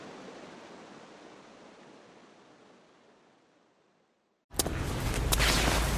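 A steady roar of rushing icy black water flows continuously, slowly fading to near silence before a sudden loud burst of dense noise cuts in near the end.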